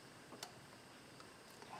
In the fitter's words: Feed that through till it clicks.